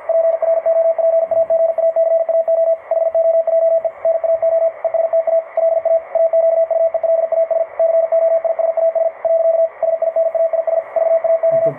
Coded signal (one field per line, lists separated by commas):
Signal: Morse code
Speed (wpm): 52 wpm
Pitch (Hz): 660 Hz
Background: radio noise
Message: PROPAGACAO HOJE NAO ESTA LA AQUELAS COISAS . SINAIS VAO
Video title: QSO PY1LHL / PY2DNR CW IT'S A LIFESTYLE